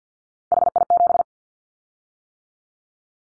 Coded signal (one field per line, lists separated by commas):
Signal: Morse code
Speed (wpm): 48 wpm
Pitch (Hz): 700 Hz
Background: none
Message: HI7